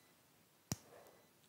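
The red plastic snap at the zero end of a tape measure is pressed into the hole in a plastic slide. In a quiet background, a single sharp click sounds at 0.7 s, followed by a faint, brief tail. The snap seats in the slide.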